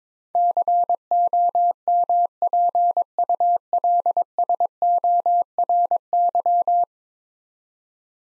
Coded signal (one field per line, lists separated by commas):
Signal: Morse code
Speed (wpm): 22 wpm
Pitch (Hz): 700 Hz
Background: none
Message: COMPULSORY